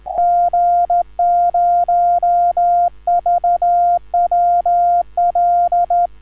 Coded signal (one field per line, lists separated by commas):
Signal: Morse code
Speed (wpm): 13 wpm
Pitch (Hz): 700 Hz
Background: none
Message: G0VWL